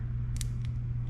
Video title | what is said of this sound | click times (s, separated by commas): 13 FISHING CONCEPT C2 - Take Apart & Tune up - Fishing Reel Maintenance | get it to click into place just like that then you just want to make sure | 0.4 s